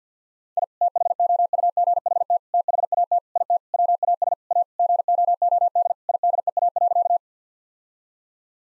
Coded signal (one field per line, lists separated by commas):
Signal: Morse code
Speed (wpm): 50 wpm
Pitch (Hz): 700 Hz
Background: none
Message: I THOUGHT THAT IT WAS A GOOD IDEA.